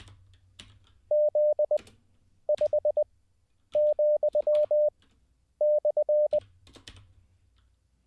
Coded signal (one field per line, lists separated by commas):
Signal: Morse code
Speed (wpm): 20 wpm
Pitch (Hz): 600 Hz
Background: none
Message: Z 5 , /